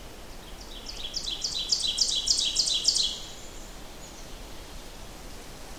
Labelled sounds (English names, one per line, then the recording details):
Ovenbird song
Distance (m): 15 m
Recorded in boreal forest in Alberta, Canada, on 14 June 2016 at 07:31
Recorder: SongMeter 3, array SBT-3-33
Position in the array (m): 276 m, 266 m
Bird 22